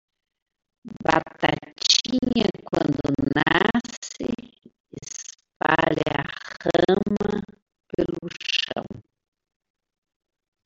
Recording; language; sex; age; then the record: short text; Brazilian Portuguese; female; 70 to 79 years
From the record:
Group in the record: control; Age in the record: 74 years